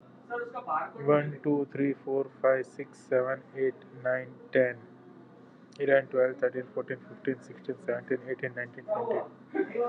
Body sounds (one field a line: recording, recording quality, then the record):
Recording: counting at a normal pace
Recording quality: excellent, no background noise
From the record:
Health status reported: exposed to COVID-19, no respiratory illness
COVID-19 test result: not tested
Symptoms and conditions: none ticked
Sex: male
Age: 31 years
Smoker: not ticked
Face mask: not worn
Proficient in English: yes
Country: India